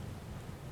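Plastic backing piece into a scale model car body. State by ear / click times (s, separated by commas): not seated / none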